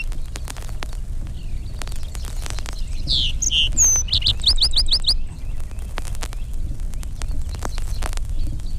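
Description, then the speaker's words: Lark sparrow song, a short burst of varied notes ending in a fast series of high repeated chips, surrounded by quiet background clicks. Lark sparrow voice similar to song sparrow's; it sometimes puts in a buzzy note. "Listen now to the lark sparrow, who sometimes puts in a buzzy note."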